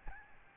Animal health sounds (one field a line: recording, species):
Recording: mosquito wingbeat signal from an infrared sensor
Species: Aedes albopictus